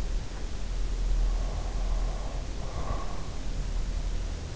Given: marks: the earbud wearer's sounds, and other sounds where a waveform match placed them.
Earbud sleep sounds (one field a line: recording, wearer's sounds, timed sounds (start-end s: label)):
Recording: sounds in sleep by an in-ear microphone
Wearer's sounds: breath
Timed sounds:
1.58-3.52 s: breath